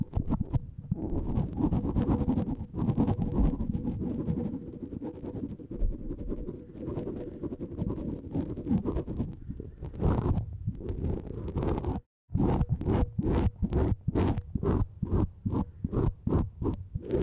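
A tip brush swishes against a microphone, producing a dense, low, rumbling scratch that runs almost without pause for the first twelve seconds, with a few sharper strokes near the tenth second. After a brief silence, quick, regular strokes follow, about two per second, each with a bright hiss.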